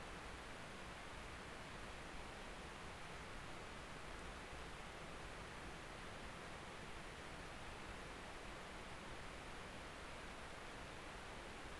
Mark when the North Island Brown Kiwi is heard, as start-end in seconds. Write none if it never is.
none